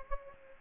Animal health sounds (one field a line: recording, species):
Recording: mosquito wingbeat signal from an infrared sensor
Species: Aedes aegypti